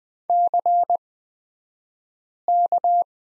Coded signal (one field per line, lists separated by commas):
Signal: Morse code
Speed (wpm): 20 wpm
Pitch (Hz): 700 Hz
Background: none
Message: CK